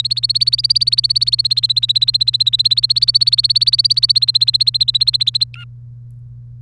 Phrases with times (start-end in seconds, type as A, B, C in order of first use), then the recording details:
0.00-5.44 A, 5.54-5.64 B. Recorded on 1 May 2018 at 05:58. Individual llb3